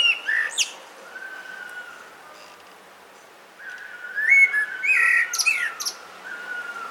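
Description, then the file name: Common blackbird fluted warbling at the start and again after a pause, with high scratchy twitters and long, steady thin whistles. "Turdus merula"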